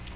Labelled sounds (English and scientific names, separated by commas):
Magnolia Warbler (Setophaga magnolia) flight call